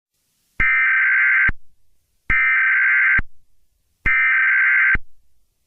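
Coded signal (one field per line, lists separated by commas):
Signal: Emergency Alert System (SAME) tones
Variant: header bursts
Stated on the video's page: Fake, simulated EAS scenario made up by the uploader.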